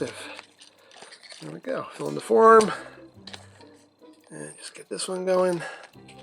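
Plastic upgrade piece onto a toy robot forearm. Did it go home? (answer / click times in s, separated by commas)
yes / 3.3 s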